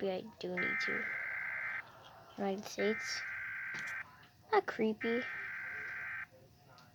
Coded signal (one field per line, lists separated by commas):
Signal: Emergency Alert System (SAME) tones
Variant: header bursts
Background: speech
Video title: Reacting eas alarms (im finaly back)